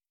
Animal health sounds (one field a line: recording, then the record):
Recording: hydrophone in a shrimp aquaculture tank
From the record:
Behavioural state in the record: starved